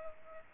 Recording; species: mosquito wingbeat signal from an infrared sensor; Culex pipiens